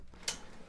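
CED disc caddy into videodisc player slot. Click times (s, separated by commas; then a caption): 0.3 s. A CED videodisc caddy, a plastic sleeve, is pushed into the slot of a 1980s Hitachi CED videodisc player until its latch catches. A single sharp, bright click sounds at 0.3 s over a faint low hum, and the caddy is seated.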